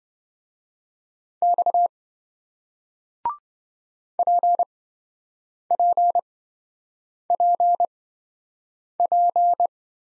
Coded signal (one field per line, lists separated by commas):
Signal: Morse code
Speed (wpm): 27 wpm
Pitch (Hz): 700 Hz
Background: none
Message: X PPPP